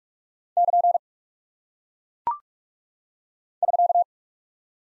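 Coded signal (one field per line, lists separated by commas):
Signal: Morse code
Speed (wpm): 44 wpm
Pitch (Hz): 700 Hz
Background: none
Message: <KN> <SK>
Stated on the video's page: Head-copy practice of single punctuation and prosign characters at 45 wpm.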